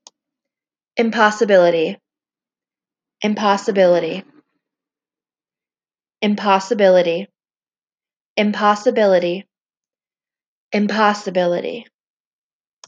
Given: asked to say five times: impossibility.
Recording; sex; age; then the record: repeated word; female; 20 to 29 years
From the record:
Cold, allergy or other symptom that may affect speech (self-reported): no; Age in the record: 27 years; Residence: Wisconsin, United States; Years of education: 13